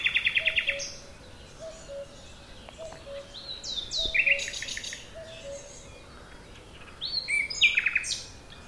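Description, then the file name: Common nightingale song opening with a quick burst of repeated notes, then whistled sweeps and chattering phrases, while soft low notes repeat steadily underneath. "Luscinia megarhynchos"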